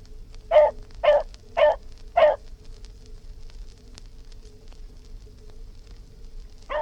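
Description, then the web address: Dog barking four times in a steady run, then a long pause and one more bark, over a constant hum. Barking; historical recording. "Sound Effects-BBC Dog"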